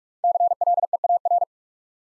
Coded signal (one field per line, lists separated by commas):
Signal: Morse code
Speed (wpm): 44 wpm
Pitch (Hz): 700 Hz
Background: none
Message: CLEAR